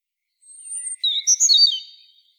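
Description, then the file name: European robin, one short song phrase: a drawn-out, very high thin whistle leading into a cluster of quick, liquid warbled notes. "Erithacus rubecula"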